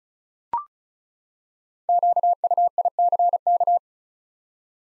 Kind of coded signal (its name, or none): Morse code